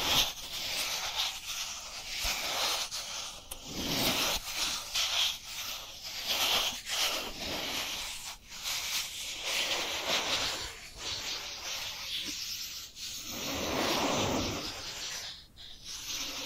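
Dry hands rub together in a continuous, papery rasp, like sanding, with the friction rising and falling in uneven strokes. Brief pauses break the texture near 4, 8.5 and 15.5 seconds, and a softer, fuller swell of rubbing comes around 14 seconds.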